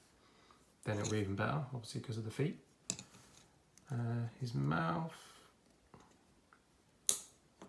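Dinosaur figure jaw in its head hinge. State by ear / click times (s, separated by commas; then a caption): seated / 7.1 s. Someone talks, then the jaw of a plastic brick-built LEGO 75932 Jurassic Park Velociraptor Chase dinosaur figure is opened in its head hinge. The hinge gives a sharp click at 7.1 s as the mouth reaches fully open, seating there with a nice, firm click.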